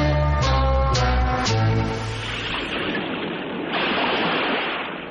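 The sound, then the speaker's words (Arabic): A few sustained musical notes fade into a steady, rushing wash of sea waves breaking on the shore, with a fresh surge swelling louder near the end. No one speaks. “حسن، قاعد على البحر لوحدك بتعمل ايه؟”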